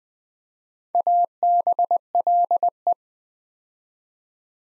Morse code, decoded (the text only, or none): ABLE